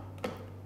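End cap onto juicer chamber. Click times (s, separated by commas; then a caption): 0.2 s. The end cap of an OSCAR DA1200 juicer is pressed against the juicing chamber and turned until it engages its lock, giving a sharp tick at 0.2 s over a steady low hum. The end cap is seated and locked onto the chamber.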